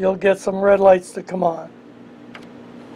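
A refillable plastic ink cartridge is being pushed hard into the carriage of an Epson Artisan 1430 inkjet printer. Someone talks for about the first 1.7 seconds, then there is a low steady hum with a couple of faint, brief sounds near the end. The cartridge has not clicked or seated yet by the end of the clip.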